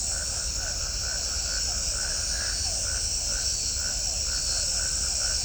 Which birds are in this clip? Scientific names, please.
none